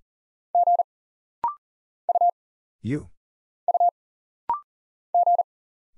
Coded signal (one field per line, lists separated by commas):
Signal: Morse code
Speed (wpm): 40 wpm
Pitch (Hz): 700 Hz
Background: none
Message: G U U G